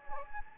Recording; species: mosquito wingbeat signal from an infrared sensor; Anopheles gambiae